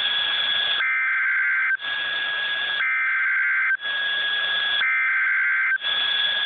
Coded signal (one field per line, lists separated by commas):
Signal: Emergency Alert System (SAME) tones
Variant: header bursts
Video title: Flood Warning #2 for Clinton River in Mi with EAS